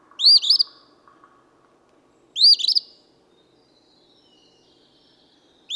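Eastern phoebe singing two full buzzy fee-bee phrases about two seconds apart, a third starting at the end, over a quiet low hum.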